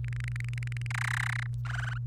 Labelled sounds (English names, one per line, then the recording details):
Domestic Canary song
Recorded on 28 April 2018 at 06:03
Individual llb3